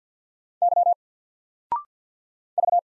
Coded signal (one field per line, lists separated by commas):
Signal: Morse code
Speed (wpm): 53 wpm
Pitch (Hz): 700 Hz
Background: none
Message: Y V